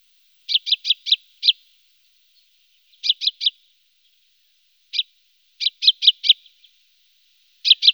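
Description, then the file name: Common chaffinch giving short bursts of one to five rapid, high, clipped notes, repeated with short pauses; no other sounds. Recorded in a wetland area at Sissonne. "Pinson des arbres"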